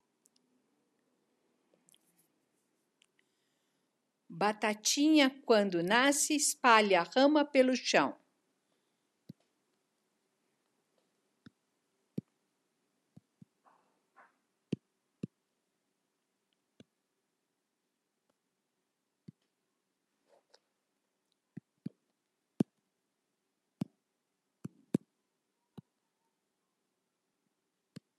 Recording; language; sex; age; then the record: short text; Brazilian Portuguese; female; 70 to 79 years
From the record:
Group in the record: control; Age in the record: 76 years